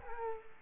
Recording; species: mosquito wingbeat signal from an infrared sensor; Culex quinquefasciatus